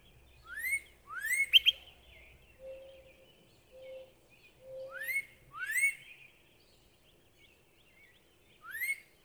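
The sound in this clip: Northern cardinal song: upslurred whistles, mostly in pairs, with low steady whistled notes in between.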